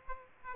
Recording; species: mosquito wingbeat signal from an infrared sensor; Aedes aegypti